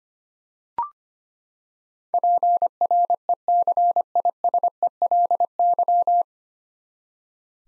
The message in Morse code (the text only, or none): PRECISELY